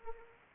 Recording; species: mosquito wingbeat signal from an infrared sensor; Anopheles arabiensis